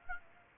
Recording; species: mosquito wingbeat signal from an infrared sensor; Aedes aegypti